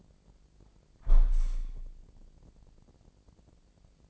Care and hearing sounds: daily activity, microphone in the room; close window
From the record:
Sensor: 5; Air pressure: 1012.4 hPa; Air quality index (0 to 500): 160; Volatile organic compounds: 2 ppm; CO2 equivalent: 1084 ppm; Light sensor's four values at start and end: 102/247/104/115 and 102/246/104/115

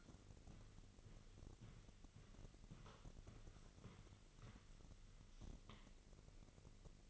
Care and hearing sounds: daily activity, microphone in the room; walk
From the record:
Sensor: 4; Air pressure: 1002.5 hPa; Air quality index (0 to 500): 221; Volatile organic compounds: 13 ppm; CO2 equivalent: 2389 ppm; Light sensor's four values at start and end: 21/72/27/27 and 21/72/26/26

